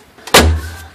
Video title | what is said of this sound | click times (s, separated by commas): Eclipse 4G rear body brace with rear seat support | and it locks in place | 0.3 s